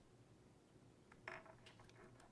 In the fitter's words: slide the housing up and push to you hear a click then